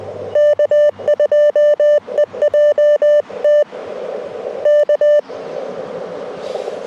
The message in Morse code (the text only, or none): K2EJT K